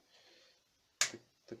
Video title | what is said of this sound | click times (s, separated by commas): Bilgisayar Nasıl Toplanır -- Parçalar Ne İşe Yarar Hepsini Anlattım | kendi yerine oturuyor Çok | 1.0 s